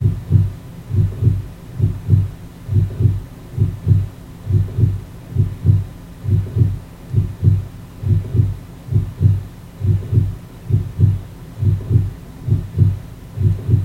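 Steady, regular low thumps come in lub-dub pairs at about 70 beats a minute, with a faint low hum underneath. This is a plain, even adult heartbeat with a consistent rhythm throughout.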